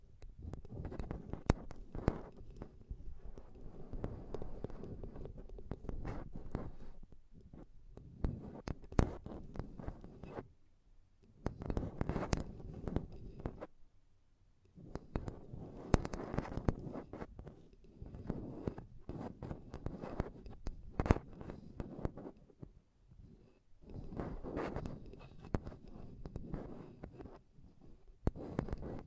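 Dense, rapid tapping and scratching on a microphone, with sharp clicks and rough scraping bursts running in clusters. Activity pauses briefly around 10–11 and 14–15 seconds and again near 23 seconds, then resumes just as busily, with a low thudding body beneath.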